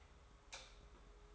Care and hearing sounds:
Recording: daily activity, microphone in the room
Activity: light on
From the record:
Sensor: 3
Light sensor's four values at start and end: 50/124/54/60 and 50/124/54/60

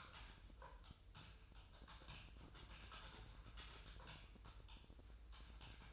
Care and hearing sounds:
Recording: daily activity, microphone in the room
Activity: typing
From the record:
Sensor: 2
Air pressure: 988.6 hPa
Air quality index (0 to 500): 202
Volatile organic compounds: 265 ppm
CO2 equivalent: 4400 ppm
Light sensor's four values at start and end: 21/74/28/28 and 21/74/28/28

